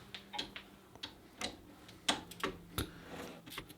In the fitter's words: Like so. There's our click.